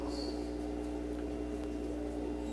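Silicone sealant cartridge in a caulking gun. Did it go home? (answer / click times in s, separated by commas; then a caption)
no / none. A silicone sealant cartridge is being handled in a caulking gun, turned gently so it will snap into place. Only a steady low hum with faint soft handling noise is heard. The cartridge has not snapped or seated yet.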